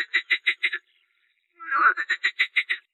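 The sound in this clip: Lake frog croaking: rapid, evenly pulsed croaks at about six per second, a short pause, a rattling drawn-out note, then the pulsed series resumes.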